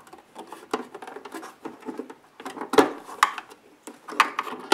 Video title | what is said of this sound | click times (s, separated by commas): Lexus RX 330/350 Rear Brake Light LED Panel: 81553-0E010, 81563-0E010, 81553-48060, 81563-48060 | okay they sna they snapped in | 3.2 s, 4.2 s